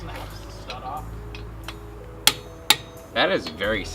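A click-type torque wrench tightens another wheel lug nut on a Saturn with the 2.2L Ecotech Z22SE engine, with soft ratcheting and handling noises before it. Two sharp, loud clicks at 2.3 s and 2.7 s show the wrench reaching its torque setting, and then someone talks.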